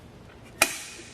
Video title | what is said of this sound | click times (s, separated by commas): etrailer - Will the RockyMounts MonoRail Bike Rack for 2 Bikes Fit Your 2014 Subaru XV Crosstrek? | until we hear that click. | 0.6 s